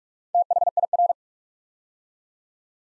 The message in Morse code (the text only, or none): THIR